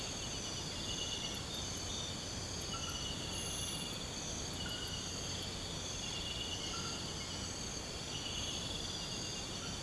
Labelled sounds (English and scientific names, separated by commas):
none